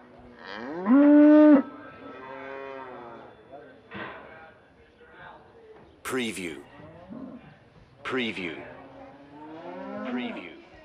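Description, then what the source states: Cow lowing: a loud harmonic moo near one second, then several quieter, varied moos and short bellows spaced irregularly throughout. Cows waiting at an auction.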